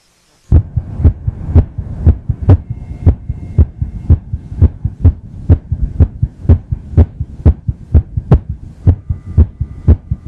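Deep, thudding heartbeats come fast, about 120 a minute, over a low steady hum. The gaps between beats shift slightly, so the rhythm is an irregular heartbeat, where beats come at uneven intervals.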